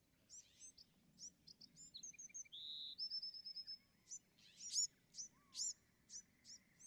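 Bewick's wren song: spaced high chips, a drawn-out buzz and a level whistle, then sharp slurred notes repeated in a loose series.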